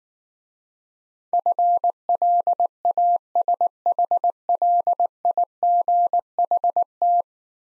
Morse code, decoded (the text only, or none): FLASHLIGHT